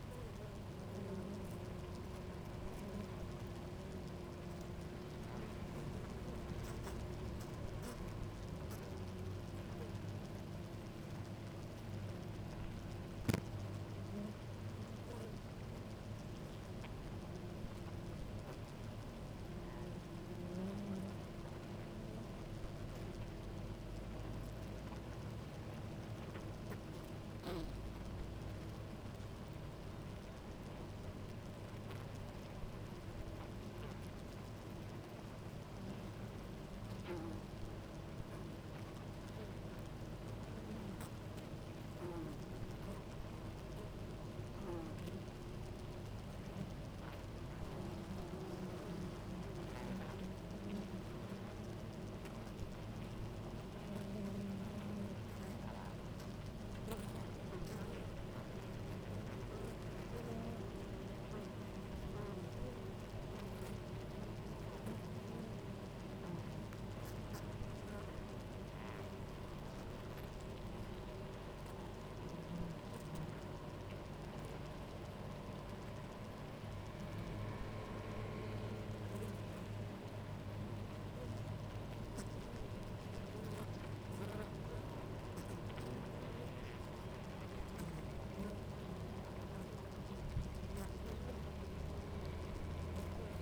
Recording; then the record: honeybee colony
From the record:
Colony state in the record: active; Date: 28 July 2017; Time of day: 10:46